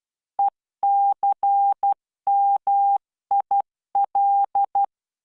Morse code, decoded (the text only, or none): ECMIL